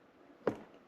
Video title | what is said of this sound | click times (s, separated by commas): ITEHIL Portable Water Filtration. A True Must Have For Any Camper/Overlander! | and it's going to lock into place | 0.5 s